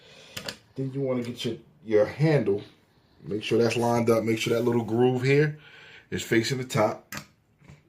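While reassembling an Armscor MAK47/22 .22 rimfire rifle, the bolt is slid back into the receiver and lined up, giving two sharp clicks at 0.4 s and 0.5 s as it clicks back into place and seats. Someone talks for the rest of the clip.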